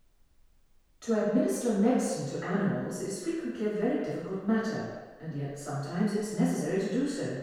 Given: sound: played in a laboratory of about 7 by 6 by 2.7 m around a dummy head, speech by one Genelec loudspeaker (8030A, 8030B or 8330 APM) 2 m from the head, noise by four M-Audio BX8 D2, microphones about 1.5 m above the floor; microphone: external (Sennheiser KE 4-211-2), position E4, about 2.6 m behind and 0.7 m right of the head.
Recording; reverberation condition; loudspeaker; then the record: female speech in English; high; 60 degrees to the right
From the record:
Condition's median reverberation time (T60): about 1300 ms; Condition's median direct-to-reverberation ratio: about -4.0 dB